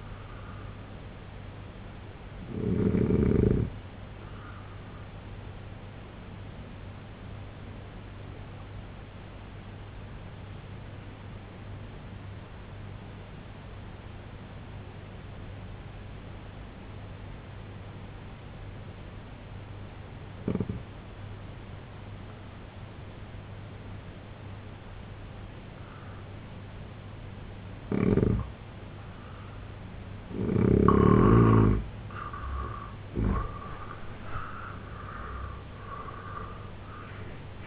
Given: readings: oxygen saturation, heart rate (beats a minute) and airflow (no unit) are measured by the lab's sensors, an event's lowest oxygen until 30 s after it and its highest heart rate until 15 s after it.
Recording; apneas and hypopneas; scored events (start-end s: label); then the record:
breathing in sleep by a voice recorder at the bedside; 1
10.00-29.50 s: obstructive apnea (N1, oxygen 95% highest, then 86% lowest, heart rate 66 at the start, 96 highest)
15.00-37.67 s: new sleep stage, N2 (light sleep)
From the record:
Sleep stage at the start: N1 (lightest sleep); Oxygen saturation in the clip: 86 to 95%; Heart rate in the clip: 64 to 91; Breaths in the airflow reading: 5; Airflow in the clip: -9.2 to 6.7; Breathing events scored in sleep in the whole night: 258 in 7.4 hours asleep